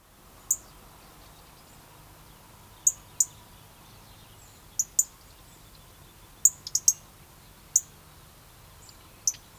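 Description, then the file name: European robin calls: thin, high-pitched ticking notes given singly or in quick pairs and triplets, scattered irregularly through the recording against a low, even background hiss. "Erithacus rubecula"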